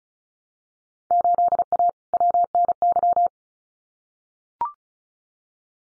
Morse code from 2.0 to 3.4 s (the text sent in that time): WNY